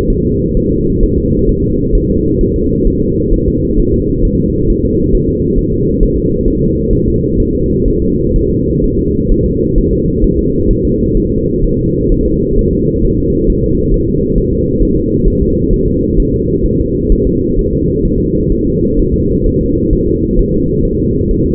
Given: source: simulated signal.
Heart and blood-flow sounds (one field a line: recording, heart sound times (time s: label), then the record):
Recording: fetal heart sounds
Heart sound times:
0.10 s: S1
0.25 s: S2
0.57 s: S1
0.72 s: S2
1.03 s: S1
1.18 s: S2
1.49 s: S1
1.64 s: S2
1.95 s: S1
2.10 s: S2
2.41 s: S1
2.56 s: S2
2.87 s: S1
3.02 s: S2
3.34 s: S1
3.48 s: S2
3.79 s: S1
3.94 s: S2
4.25 s: S1
4.40 s: S2
4.70 s: S1
4.85 s: S2
5.15 s: S1
5.29 s: S2
5.59 s: S1
5.73 s: S2
6.03 s: S1
6.18 s: S2
6.48 s: S1
6.62 s: S2
6.93 s: S1
7.08 s: S2
7.40 s: S1
7.55 s: S2
7.88 s: S1
8.02 s: S2
8.36 s: S1
8.51 s: S2
8.84 s: S1
8.99 s: S2
9.32 s: S1
9.46 s: S2
9.78 s: S1
9.93 s: S2
10.24 s: S1
10.39 s: S2
10.71 s: S1
10.85 s: S2
11.17 s: S1
11.32 s: S2
11.64 s: S1
11.79 s: S2
12.12 s: S1
12.26 s: S2
12.59 s: S1
12.73 s: S2
13.05 s: S1
13.19 s: S2
13.50 s: S1
13.64 s: S2
13.94 s: S1
14.09 s: S2
14.38 s: S1
14.53 s: S2
14.83 s: S1
14.97 s: S2
15.28 s: S1
15.42 s: S2
15.73 s: S1
15.88 s: S2
16.20 s: S1
16.34 s: S2
16.66 s: S1
16.81 s: S2
17.12 s: S1
17.27 s: S2
17.59 s: S1
17.73 s: S2
18.05 s: S1
18.20 s: S2
18.52 s: S1
18.67 s: S2
18.99 s: S1
19.14 s: S2
19.46 s: S1
19.61 s: S2
19.93 s: S1
20.08 s: S2
20.39 s: S1
20.54 s: S2
20.85 s: S1
21.00 s: S2
21.31 s: S1
21.46 s: S2
From the record:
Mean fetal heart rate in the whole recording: 130 bpm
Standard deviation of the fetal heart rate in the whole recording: 4 bpm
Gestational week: 38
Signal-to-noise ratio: -10.2 dB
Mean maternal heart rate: 72 bpm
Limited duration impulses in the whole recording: present